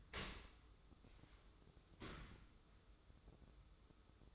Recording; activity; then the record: daily activity, microphone in the room; open dishwasher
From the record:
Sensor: 3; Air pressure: 995.8 hPa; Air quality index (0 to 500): 97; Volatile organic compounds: 13 ppm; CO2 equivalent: 2426 ppm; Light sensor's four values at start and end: 29/87/37/32 and 29/87/37/32